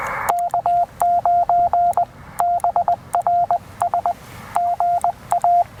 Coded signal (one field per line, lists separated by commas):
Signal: Morse code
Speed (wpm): 19 wpm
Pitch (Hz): 680 Hz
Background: radio noise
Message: K9BRS GA